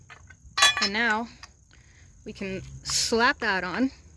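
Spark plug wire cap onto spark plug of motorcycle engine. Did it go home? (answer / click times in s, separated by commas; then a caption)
no / none. Someone talks while handling the rubber spark plug wire cap, about to push it down onto the spark plug terminal of an 800 Suzuki Intruder VS motorcycle engine. Only a couple of faint brief taps are heard under the talking. The cap has not clicked or seated onto the plug yet.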